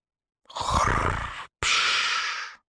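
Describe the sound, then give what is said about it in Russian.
A voice imitates the dragon Windwalker (Ветрогон) snoring, from Cressida Cowell's How to Train Your Dragon book How to Steal a Dragon's Sword: two long, raspy, hissing breaths separated by a short pause, the first carrying a low rattling growl underneath, loud and alone without speech. “Храпел Ветрогон.”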